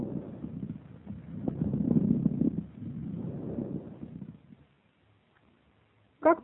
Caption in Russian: Больного постпневмоническим абсцессом нижней доли правого легкого над участком правой половины грудной клетки выслушивается патологическое бронхиальное дыхание и звонкие крупнопузырчатые хрипы. Затем в правой подлопаточной области.